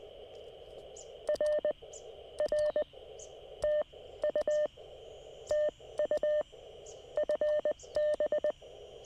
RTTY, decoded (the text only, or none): none